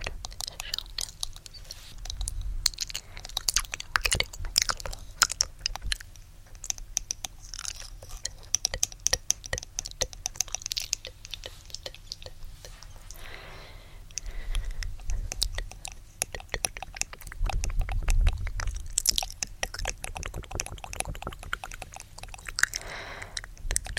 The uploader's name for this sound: Gentle Tapping & Mouth Sounds (Inaudible Whispering, TkTk, Kisses)